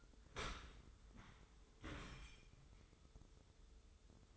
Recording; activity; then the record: daily activity, microphone in the room; open dishwasher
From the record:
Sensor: 3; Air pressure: 995.7 hPa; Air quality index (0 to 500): 98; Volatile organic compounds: 14 ppm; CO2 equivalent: 2446 ppm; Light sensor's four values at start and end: 28/85/36/31 and 28/85/36/31